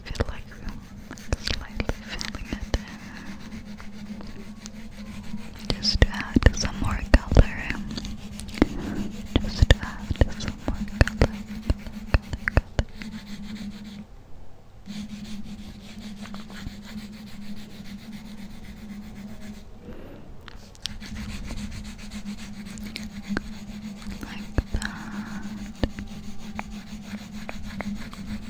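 Makeup being traced and filled in, with steady rubbing and soft scratchy strokes running through the whole stretch. A low hum sits underneath throughout, dropping out briefly near 14 and 20 seconds. Sharper brushing taps cluster around 6 to 11 seconds.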